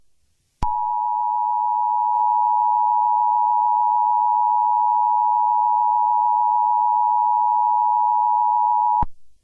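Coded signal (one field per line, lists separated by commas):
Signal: Emergency Alert System (SAME) tones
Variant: 853 and 960 Hz attention tone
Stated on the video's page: Fictional EAS scenario using valid EAS tones.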